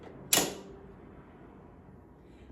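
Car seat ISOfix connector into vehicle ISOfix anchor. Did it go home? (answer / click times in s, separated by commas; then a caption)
yes / 0.3 s. A child car seat's ISOfix arm, a Britax-Römer Dualfix M Plus or Dualfix Pro M swivel seat, is lined up with the vehicle's ISOfix anchor point and pushed on. A single sharp click at 0.3 s shows it has seated, and the red indicator turns green when it clicks in. Quiet background noise follows.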